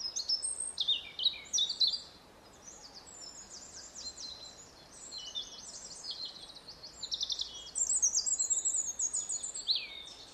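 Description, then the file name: European robin song: rapid, sparkling high warbles and trills in repeated bursts with short gaps, over constant low hiss. "Erithacus rubecula"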